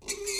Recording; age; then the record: pig call; weaner (32 to 43 days)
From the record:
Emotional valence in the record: negative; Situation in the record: novel object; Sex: female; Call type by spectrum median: high-frequency call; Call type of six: high-frequency stable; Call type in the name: high-frequency stable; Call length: 0.40 s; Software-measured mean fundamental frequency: 399 Hz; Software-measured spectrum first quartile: 1010 Hz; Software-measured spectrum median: 4112 Hz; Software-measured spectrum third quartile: 6565 Hz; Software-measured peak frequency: 401 Hz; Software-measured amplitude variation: 164 dB a second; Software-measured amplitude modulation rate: 16.3 a second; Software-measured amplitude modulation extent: 10.1 dB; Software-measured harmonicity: 4.3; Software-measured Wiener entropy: -2.40